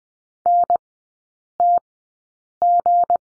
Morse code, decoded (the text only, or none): NTG